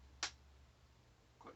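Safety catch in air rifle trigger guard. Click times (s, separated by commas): 0.2 s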